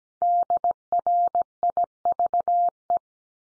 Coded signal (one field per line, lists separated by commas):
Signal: Morse code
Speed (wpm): 17 wpm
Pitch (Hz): 700 Hz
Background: none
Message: DRIVE